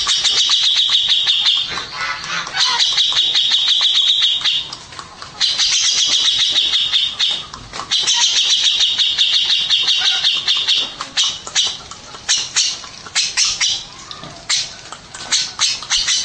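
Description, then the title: Mixed birds singing: bursts of shrill rapid chattering trills alternate with brief pauses and separate sharp chirps, a dense high-pitched chorus throughout. "Burung Campur2"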